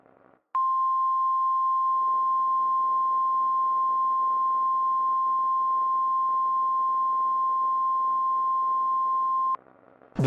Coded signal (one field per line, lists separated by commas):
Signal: Emergency Alert System (SAME) tones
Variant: 1050 Hz attention tone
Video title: EAS Scenario: The Great South Blizzard